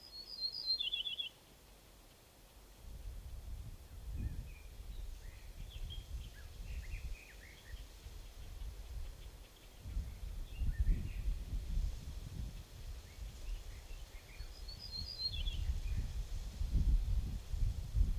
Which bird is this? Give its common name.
Ortolan Bunting